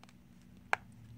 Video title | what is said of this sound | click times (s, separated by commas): Iphone 6 plus , dead won't power on, non responsive, battery not charging | it back in here till you hear a snap there | 0.7 s